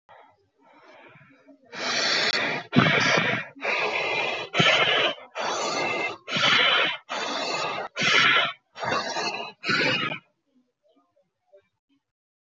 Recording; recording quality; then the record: shallow breathing; moderate, slight background noise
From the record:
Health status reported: healthy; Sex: male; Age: 25 years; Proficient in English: yes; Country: India